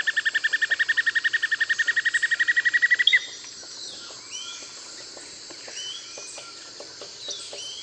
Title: LuckyPassaro Completos2Sama. Greyish Mourner (Rhytipterna simplex frederici)